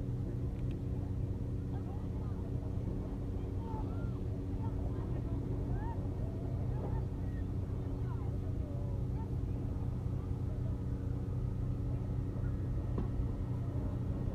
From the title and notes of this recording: AMBIENCE LAKE MICHIGAN BEACH GRAND HAVEN MICHIGAN. AT 4 P.M. RECORDED WITH AN IPHONE SE.